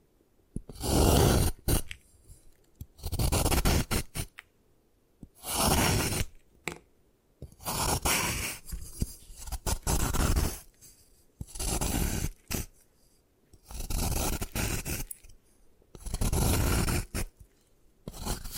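Gym chalk is crushed and scraped in a series of rough, gritty bursts, each lasting about a second, roughly every two seconds. The grinding is dense and full, from low crunch to bright hiss, with short quiet gaps between strokes.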